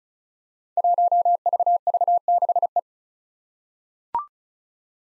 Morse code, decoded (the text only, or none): 1VV6E